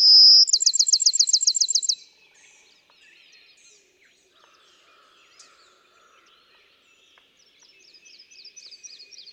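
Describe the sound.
Bachman's sparrow song: a pure, held whistle opens, then a quick ringing trill, followed by quiet, scattered faint notes.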